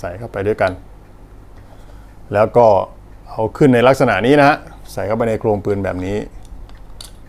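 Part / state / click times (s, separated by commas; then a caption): recoil spring and buffer into pistol frame / seated / 7.0 s. After cleaning, the buffer and recoil spring of a SUR M9 blank pistol are fitted together and pushed into the pistol's metal frame while someone talks. A sharp click at 7.0 s marks the recoil spring assembly locking into the frame, fully seated.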